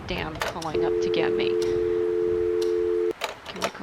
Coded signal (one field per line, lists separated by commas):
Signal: telephone call progress tone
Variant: North America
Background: speech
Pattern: dial tone